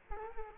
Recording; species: mosquito wingbeat signal from an infrared sensor; Culex quinquefasciatus